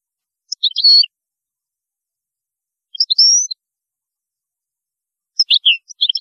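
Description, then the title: European goldfinch song, three short chattering twitters with thin whistled notes, spaced a couple of seconds apart against silence. "Chant Chardonneret"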